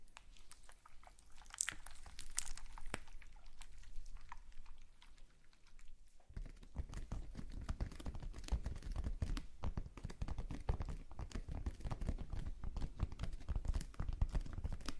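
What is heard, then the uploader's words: Slime being squished and handled, with a dense run of small wet clicks, pops and crackles. The first six seconds are lighter and sparser, with a few sharp snaps. After that the squelching grows fuller and heavier, with a thicker low churning under the rapid crackle. ASMR SLIME No Talking Satisfying slime Sounds.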